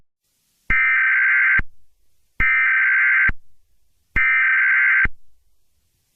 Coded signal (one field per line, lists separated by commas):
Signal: Emergency Alert System (SAME) tones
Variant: header bursts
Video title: EAS Scenario: Halloween Remastered CENSORED